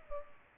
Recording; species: mosquito wingbeat signal from an infrared sensor; Culex pipiens